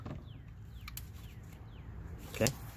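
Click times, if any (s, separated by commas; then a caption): 1.0 s. An electrical plug is pushed into its mating socket and snaps in, seating it, with a short sharp click at 0.9 and 1.0 seconds. Faint repeated descending chirps run through the quiet background, and a louder brief knock follows at about 2.5 seconds.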